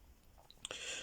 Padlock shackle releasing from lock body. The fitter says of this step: You'll feel that begin to get stiff on the last click, and there you go. It opens.